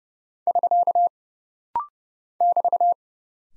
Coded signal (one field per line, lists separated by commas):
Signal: Morse code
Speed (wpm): 30 wpm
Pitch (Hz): 700 Hz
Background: none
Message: <SK> <BT>